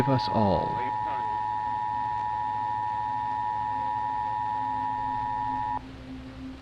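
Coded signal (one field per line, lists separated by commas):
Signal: Emergency Alert System (SAME) tones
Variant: 853 and 960 Hz attention tone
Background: speech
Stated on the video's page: Sound effect taken from a recording of the national EAS test, used in a fictional story.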